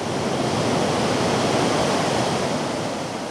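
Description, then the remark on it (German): Steady, full-bodied rush of warm, clear Caribbean surf washing onto a strip of fine yellow sand near Port Antonio, Jamaica, a continuous loud hiss and roar with a soft low rumble underneath and no voices. “Dann brechen sich die Schaumkronen warmer, glasklarer Wellen an den Füßen.”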